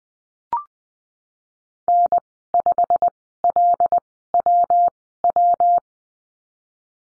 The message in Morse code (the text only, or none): N5LWW